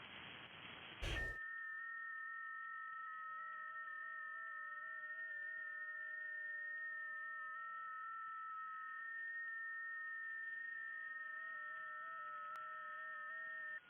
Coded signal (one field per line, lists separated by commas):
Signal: FT8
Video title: Ham Radio K1GMM Live Stream Testing the New 160 Meter Inverted L (Zombie)